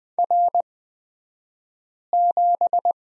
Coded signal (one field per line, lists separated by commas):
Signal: Morse code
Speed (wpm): 20 wpm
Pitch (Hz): 700 Hz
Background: none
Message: R7